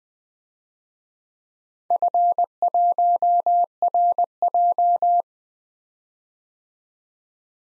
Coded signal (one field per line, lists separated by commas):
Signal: Morse code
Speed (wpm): 20 wpm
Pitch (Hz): 700 Hz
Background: none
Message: F1RJ